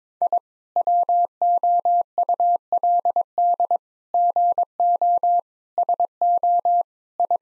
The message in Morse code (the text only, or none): I WOULD GO SO I